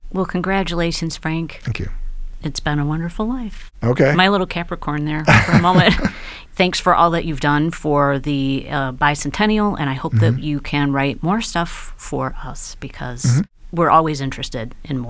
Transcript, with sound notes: Well, congratulations, Frank.
Thank you.
It's been a wonderful life -- my little "Capra-corn" there for a moment. [LAUGHTER] Thanks for all that you've done for the bicentennial, and I hope that you can write more stuff for us because we're always interested in more.